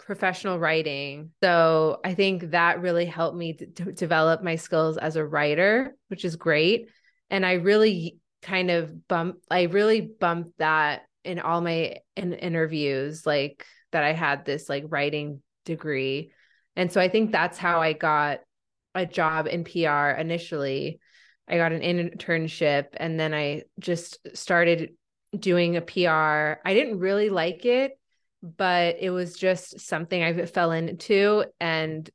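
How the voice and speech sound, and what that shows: Conversational speech from an adult woman who stutters, with stretched sounds (sound prolongations), brief blocks, consonant repetitions and a repeated phrase, on a disfluent day with frequent stuttering.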